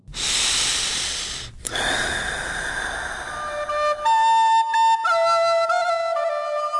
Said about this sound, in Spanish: Por ejemplo, si mezclo mi soplo con un objeto, podemos oír esto.